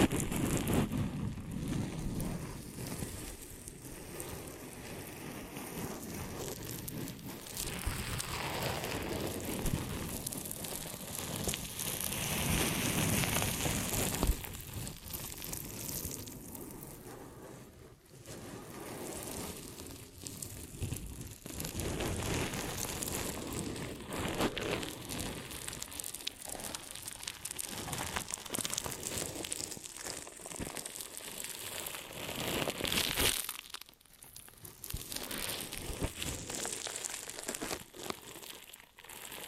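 Ear and scalp massage and cleaning, heard as continuous close rubbing and crinkling that rises and falls in brightness. Dense scratchy friction fills most of the clip, with brief quieter gaps around 18 and 34 seconds before the rubbing resumes.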